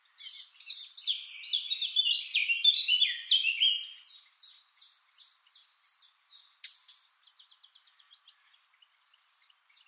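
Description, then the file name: Eurasian blackcap song, a fast bubbling warble followed by a run of short clipped notes that grow quicker and softer, ending with a brief high phrase. "Sylvia atricapilla"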